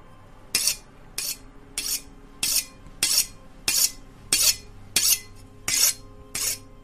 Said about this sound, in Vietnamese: nó nghe thấy có tiếng mài dao vang lên ở đâu đó.